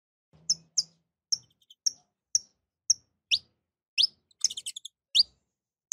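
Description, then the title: Domestic canary song: a steady series of crisp high chip notes about every half second, changing to rising sweeps and a short rattling trill. Portuguese canary breed ('kenari portugis'). "Kenari Portugis"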